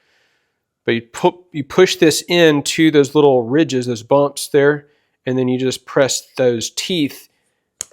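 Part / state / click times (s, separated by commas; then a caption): buckle clamp teeth on a leather belt strap / seated / 7.8 s. Someone talks while pushing the end of a leather belt strap into the ridges of a Groove Belt Max Leather buckle and pressing the buckle's clamp teeth down onto the strap. A sharp click at 7.8 s marks the teeth snapping onto the strap, and the buckle is seated.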